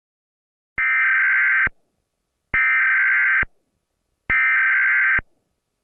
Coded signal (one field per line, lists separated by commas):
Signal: Emergency Alert System (SAME) tones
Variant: header bursts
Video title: EAS Child Abduction Emergency (EAS 1,220) Audio Credit to Piggy Porkchop on Feb 27/28, 2022